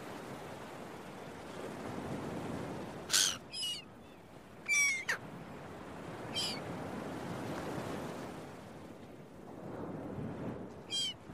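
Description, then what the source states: Gull calls, nasal and harmonic-rich, come in separate bursts, some doubled, over a continuous hiss of breaking waves. Seagulls at a beach with waves, recorded early in the morning.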